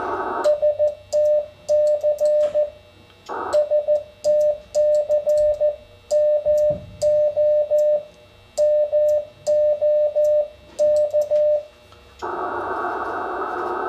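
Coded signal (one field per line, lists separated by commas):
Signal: Morse code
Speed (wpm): 14 wpm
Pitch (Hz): 600 Hz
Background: radio noise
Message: STC STCMO MOK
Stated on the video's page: Contest (MO QSO Party) operation on an Icom IC-7300.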